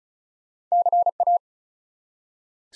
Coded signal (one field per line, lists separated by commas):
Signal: Morse code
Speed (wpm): 34 wpm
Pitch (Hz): 700 Hz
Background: none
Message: CA